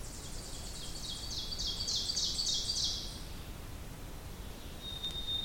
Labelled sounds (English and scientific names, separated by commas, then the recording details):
Ovenbird (Seiurus aurocapilla) song
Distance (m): 45 m
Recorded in boreal forest in Alberta, Canada, on 2 June 2016 at 07:51
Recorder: SongMeter 3, array SBT-3-7
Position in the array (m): 189 m, 150 m
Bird 8